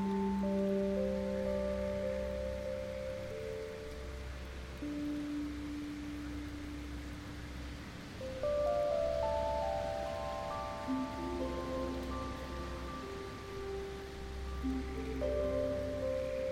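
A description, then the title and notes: Gentle tunes of long, held notes drift over a steady hiss like rustling leaves or soft rain, with a low rumble underneath. The notes shift slowly, with new ones entering around five, eight and eleven seconds. The backdrop stays even throughout. Rainforest Lullabies: Soothing Melodies for Sleep.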